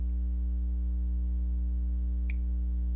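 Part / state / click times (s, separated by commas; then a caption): metal jump ring closed onto a necklace wire / partly seated / 2.3 s. A metal jewelry jump ring is closed with pliers onto a necklace wire, over a steady low hum. At 2.3 seconds its ends overlap and give a short, sharp snap as they pass each other. The snap shows an overlap rather than a good closure.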